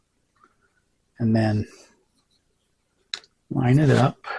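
An internal connector piece is lined up over its spot inside an S23 phone, with faint ticks near 0.4 s and a sharp tick at 3.1 s as it is handled. Someone talks in between. Nothing has seated or clicked into place yet.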